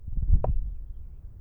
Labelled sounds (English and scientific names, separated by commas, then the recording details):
House Finch (Haemorhous mexicanus) song
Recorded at WGilgo Beach on Long Island, New York, on 22 May 1975
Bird B